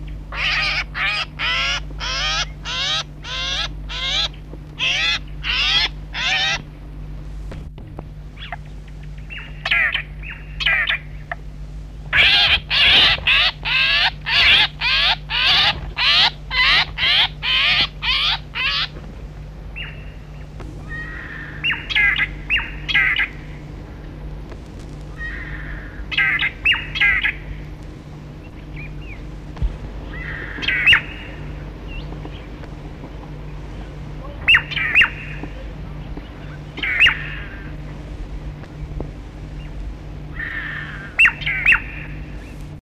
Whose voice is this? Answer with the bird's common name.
Crimson-breasted Shrike